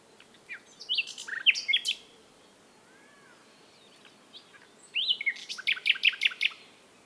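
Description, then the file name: Common nightingale song: two rich phrases of chirps and whistles, the second ending in a quick run of repeated sharp notes, separated by a few seconds of quiet. "Luscinia megarhynchos"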